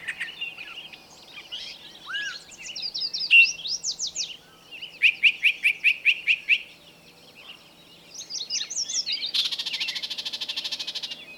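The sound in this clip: Birdsong with varied twitters, a string of repeated chirps, then a sustained buzzing rattle near the end.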